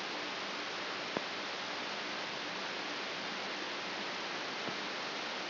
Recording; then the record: brain microelectrode recording played as sound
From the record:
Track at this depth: outside the subthalamic nucleus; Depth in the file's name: 6.414 mm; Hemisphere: left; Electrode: 3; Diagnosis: Parkinson's disease